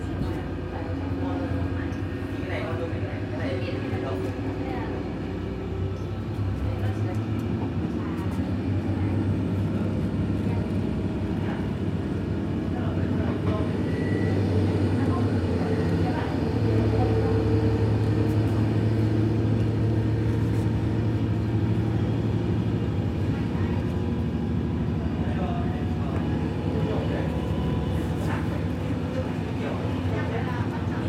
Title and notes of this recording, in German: Abendliche Zugfahrt, ratternde Gleise. Rattern einer abendlichen Zugfahrt, kaum Menschen und viel Stille im Abteil